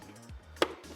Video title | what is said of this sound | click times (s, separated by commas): Scout Trooper Helmet Tutorial (Full Build Part 4) RS Prop Masters | nice satisfying click | 0.6 s